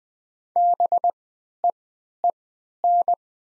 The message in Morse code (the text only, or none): BEEN